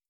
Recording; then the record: hydrophone in a shrimp aquaculture tank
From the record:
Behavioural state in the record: starved